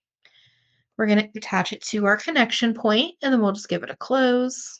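A metal jump ring attaching a clasp to a beading wire necklace is handled before being squeezed shut with pliers. Someone talks throughout, with a faint brief sound at 0.3 s before the speech. Nothing has seated or clicked yet.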